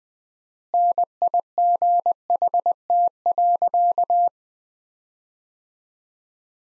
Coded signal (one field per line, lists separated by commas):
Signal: Morse code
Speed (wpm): 20 wpm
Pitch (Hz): 700 Hz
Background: none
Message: NIGHT.